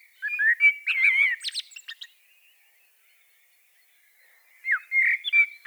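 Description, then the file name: Common blackbird song, a warbled fluty phrase ending in high scratchy notes, then silence before another phrase starts. "Turdus merula"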